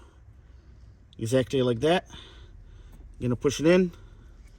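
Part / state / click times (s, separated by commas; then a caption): wire terminal into wiring harness connector housing / not seated / none. A black wire terminal is being handled for pushing into the wiring harness connector housing during a 5ive Performance Reflex harness install on an A90/A91 Supra. Someone talks in two short bursts, around 1.2–2.0 s and 3.2–3.9 s, over a quiet background. Nothing has seated or clicked yet.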